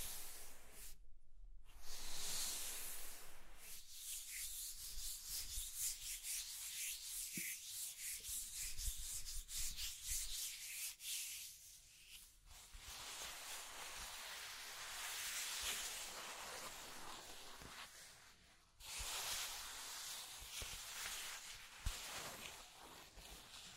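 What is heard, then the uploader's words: Scratching and tracing on a surface, a dry, bright rasp in repeated strokes with brief pauses near 1, 4, 12 and 18 seconds. Between about 5 and 11 seconds the strokes turn into quick, regular scrapes. The sound is steady in loudness. ASMR Mind Tingling Scratching and Tracing Sounds (No Talking).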